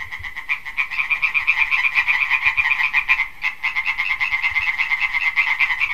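Amphibian croaking in quick, raspy pulses, near continuous with one brief gap.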